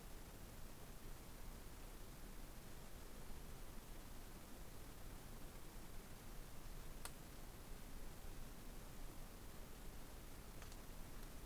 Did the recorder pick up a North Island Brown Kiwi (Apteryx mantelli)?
no